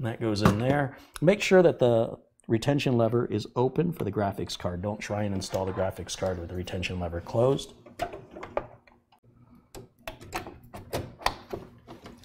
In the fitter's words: That locks in place.